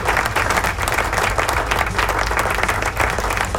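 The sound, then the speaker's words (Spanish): Steady, loud applause from a crowd, dense rapid clapping that holds an even level throughout with no voices standing out. “Aplauso.”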